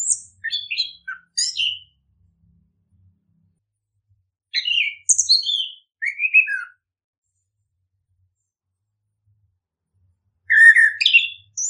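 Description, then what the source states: Bird giving three bursts of high, quick twittering notes, tumbling downward, separated by long silent pauses. Chirping birdsong intended for training and tutoring favourite pet birds.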